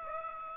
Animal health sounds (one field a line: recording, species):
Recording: mosquito wingbeat signal from an infrared sensor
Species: Aedes aegypti